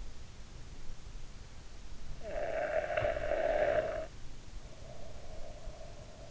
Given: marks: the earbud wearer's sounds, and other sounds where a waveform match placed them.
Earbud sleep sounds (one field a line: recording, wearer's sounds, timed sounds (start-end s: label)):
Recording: sounds in sleep by an in-ear microphone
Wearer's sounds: snoring breath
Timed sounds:
2.18-6.25 s: snoring breath